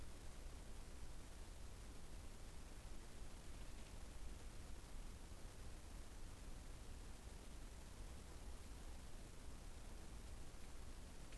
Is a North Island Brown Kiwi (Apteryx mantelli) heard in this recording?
no